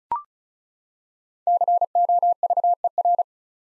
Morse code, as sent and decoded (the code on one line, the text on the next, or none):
-.-. --- ...- . .-.
COVER